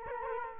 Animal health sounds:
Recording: mosquito wingbeat signal from an infrared sensor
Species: Culex quinquefasciatus

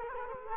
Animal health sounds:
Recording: mosquito wingbeat signal from an infrared sensor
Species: Culex quinquefasciatus

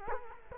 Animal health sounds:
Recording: mosquito wingbeat signal from an infrared sensor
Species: Culex quinquefasciatus

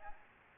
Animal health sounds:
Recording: mosquito wingbeat signal from an infrared sensor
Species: Aedes albopictus

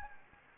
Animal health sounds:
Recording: mosquito wingbeat signal from an infrared sensor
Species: Anopheles gambiae

